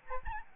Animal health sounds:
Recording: mosquito wingbeat signal from an infrared sensor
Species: Aedes albopictus

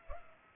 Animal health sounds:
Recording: mosquito wingbeat signal from an infrared sensor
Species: Culex pipiens

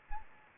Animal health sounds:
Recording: mosquito wingbeat signal from an infrared sensor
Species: Anopheles gambiae

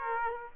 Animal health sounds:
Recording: mosquito wingbeat signal from an infrared sensor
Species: Aedes aegypti

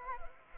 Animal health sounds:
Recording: mosquito wingbeat signal from an infrared sensor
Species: Anopheles arabiensis

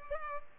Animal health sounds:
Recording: mosquito wingbeat signal from an infrared sensor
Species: Culex pipiens

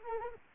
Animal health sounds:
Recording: mosquito wingbeat signal from an infrared sensor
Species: Anopheles arabiensis

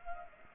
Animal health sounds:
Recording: mosquito wingbeat signal from an infrared sensor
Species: Culex pipiens

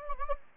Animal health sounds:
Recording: mosquito wingbeat signal from an infrared sensor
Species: Anopheles gambiae

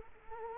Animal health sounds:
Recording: mosquito wingbeat signal from an infrared sensor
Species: Culex quinquefasciatus

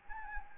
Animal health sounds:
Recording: mosquito wingbeat signal from an infrared sensor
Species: Anopheles arabiensis

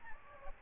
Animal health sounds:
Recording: mosquito wingbeat signal from an infrared sensor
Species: Aedes albopictus

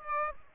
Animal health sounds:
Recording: mosquito wingbeat signal from an infrared sensor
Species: Aedes aegypti

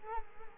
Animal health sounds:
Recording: mosquito wingbeat signal from an infrared sensor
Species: Culex quinquefasciatus

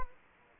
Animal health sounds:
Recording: mosquito wingbeat signal from an infrared sensor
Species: Culex quinquefasciatus

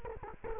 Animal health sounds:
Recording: mosquito wingbeat signal from an infrared sensor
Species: Culex quinquefasciatus

